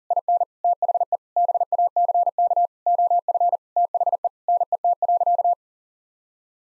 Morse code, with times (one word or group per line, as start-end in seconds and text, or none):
0.1-0.4 IN
0.6-1.2 THE
1.4-2.7 BACK
2.9-3.6 OF
3.8-4.3 THE
4.5-5.5 NET.